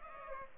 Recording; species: mosquito wingbeat signal from an infrared sensor; Culex pipiens